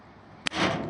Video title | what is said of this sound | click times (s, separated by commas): HUMMER H1 Raptor 100 fuel pump kit | You just push it until it snaps and then you're done. | 0.5 s